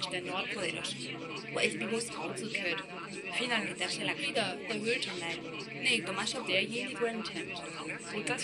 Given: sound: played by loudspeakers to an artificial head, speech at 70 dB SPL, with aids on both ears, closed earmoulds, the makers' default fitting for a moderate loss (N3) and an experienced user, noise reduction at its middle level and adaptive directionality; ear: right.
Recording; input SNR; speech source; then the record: speech test signal (ISTS) in cocktail-party noise; -3 dB; in front (0 degrees)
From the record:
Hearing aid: class 2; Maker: C